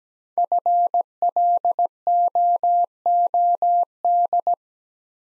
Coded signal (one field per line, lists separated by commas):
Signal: Morse code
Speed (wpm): 17 wpm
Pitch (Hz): 700 Hz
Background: none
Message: FLOOD